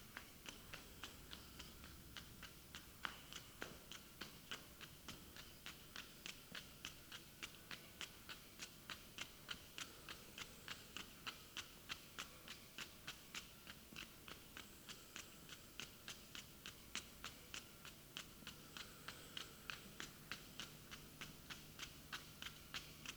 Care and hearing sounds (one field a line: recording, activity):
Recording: daily activity, guitar pickup as the sensor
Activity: run